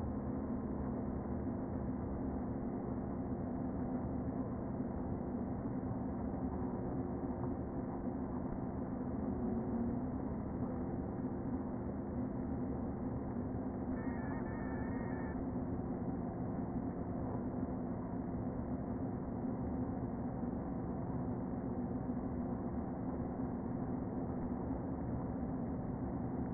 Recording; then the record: honeybee colony, microphone inside the hive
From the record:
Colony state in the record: queen present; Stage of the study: before two queens were removed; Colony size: about 60,000 bees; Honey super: yes